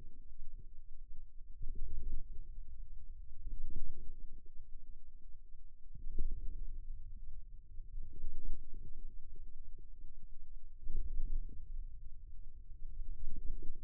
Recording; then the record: forearm muscle sounds (acoustic myography)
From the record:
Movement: wrist extension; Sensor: system 2, bracelet of six BSWA MPA416 microphones around the upper forearm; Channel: 5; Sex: male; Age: 22 years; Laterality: right